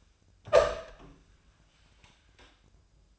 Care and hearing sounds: daily activity, microphone in the room; open door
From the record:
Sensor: 2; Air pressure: 1004.7 hPa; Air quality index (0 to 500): 73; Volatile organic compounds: 1 ppm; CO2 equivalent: 870 ppm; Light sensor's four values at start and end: 7/16/6/6 and 7/16/6/6

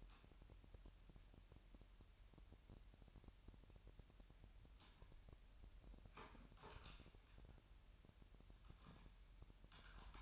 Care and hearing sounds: daily activity, microphone in the room; typing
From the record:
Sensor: 2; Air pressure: 1001.9 hPa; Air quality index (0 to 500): 248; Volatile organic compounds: 39 ppm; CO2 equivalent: 3129 ppm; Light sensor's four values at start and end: 11/36/13/14 and 11/36/13/14

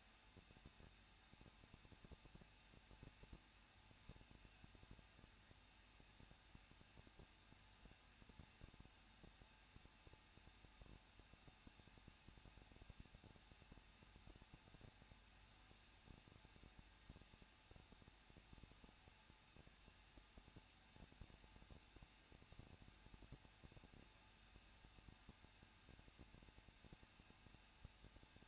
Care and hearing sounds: daily activity, microphone in the room; no activity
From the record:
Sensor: 2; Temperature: 21.0 degrees Celsius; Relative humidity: 37.5%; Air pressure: 1006.3 hPa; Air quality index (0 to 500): 223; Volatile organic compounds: 25 ppm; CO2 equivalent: 2828 ppm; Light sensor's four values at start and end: 2/3/2/2 and 2/3/2/2

